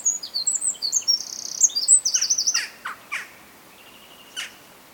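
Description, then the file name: Eurasian wren song, a fast tumble of shrill high notes with a buzzing trill for about two seconds, then a few lower separate calls and a brief rattle. "Troglodytes troglodytes"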